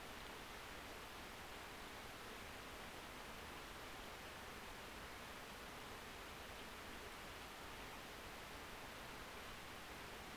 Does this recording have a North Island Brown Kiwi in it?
no